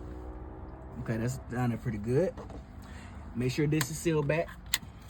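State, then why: Not seated. After the thermostat-area bolts are reinstalled, a hose or connector fitting in the engine bay is handled and pressed back toward the thermostat housing to seal it while someone talks. A brief sharp tick sounds at 4.7 s, but nothing has seated or clicked into place yet.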